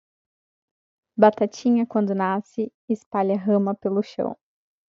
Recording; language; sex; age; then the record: short text; Brazilian Portuguese; female; 20 to 29 years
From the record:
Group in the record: control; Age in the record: 29 years